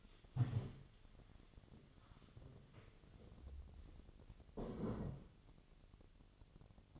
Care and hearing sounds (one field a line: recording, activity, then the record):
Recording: daily activity, microphone in the room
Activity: stand up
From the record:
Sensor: 4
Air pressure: 1001.2 hPa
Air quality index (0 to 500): 181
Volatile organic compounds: 2 ppm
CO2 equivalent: 1298 ppm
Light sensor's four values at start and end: 14/32/13/13 and 14/32/13/13